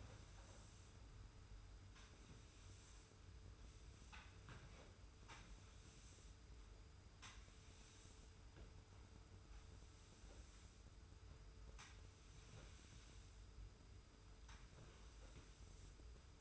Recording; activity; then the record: daily activity, microphone in the room; sweep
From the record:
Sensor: 2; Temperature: 25.1 degrees Celsius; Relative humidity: 42.2%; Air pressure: 991.2 hPa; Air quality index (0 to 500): 147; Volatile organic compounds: 362 ppm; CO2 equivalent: 4605 ppm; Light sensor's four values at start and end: 42/118/47/45 and 41/114/46/43